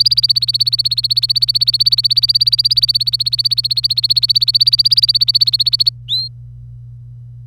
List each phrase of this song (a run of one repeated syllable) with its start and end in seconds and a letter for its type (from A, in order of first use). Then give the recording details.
0.00-5.90 A, 6.08-6.29 B. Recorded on 25 April 2018 at 09:43. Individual llb3